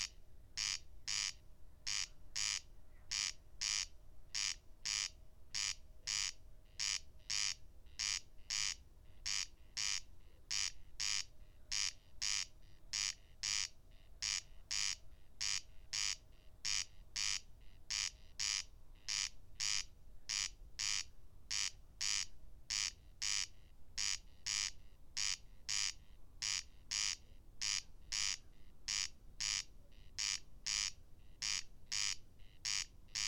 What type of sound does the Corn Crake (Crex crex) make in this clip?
song